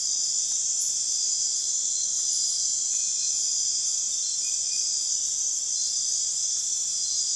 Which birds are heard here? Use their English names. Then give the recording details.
none. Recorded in dense forest near Puerto Asís, Putumayo, Colombia, on 21 February 2024 at 02:30. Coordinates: 0.499, -76.324. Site G6469